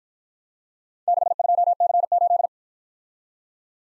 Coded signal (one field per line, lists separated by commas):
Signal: Morse code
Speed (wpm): 53 wpm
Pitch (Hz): 700 Hz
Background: none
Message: 62C8